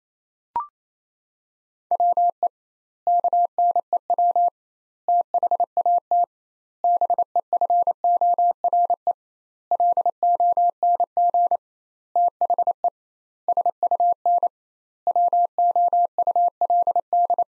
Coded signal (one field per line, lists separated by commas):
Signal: Morse code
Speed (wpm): 28 wpm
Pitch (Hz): 700 Hz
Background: none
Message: WE KNEW THAT BEFORE LONG THE SUN WOULD